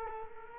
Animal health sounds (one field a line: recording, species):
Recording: mosquito wingbeat signal from an infrared sensor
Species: Culex quinquefasciatus